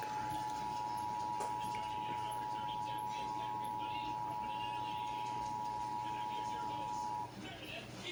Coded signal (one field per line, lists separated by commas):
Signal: Emergency Alert System (SAME) tones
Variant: 853 and 960 Hz attention tone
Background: speech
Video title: Finally Ending Out ANOTHER May... | EAS #340-345 (Test Alerts from May 2023)